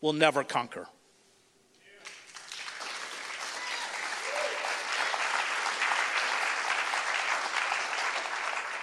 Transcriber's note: audience applause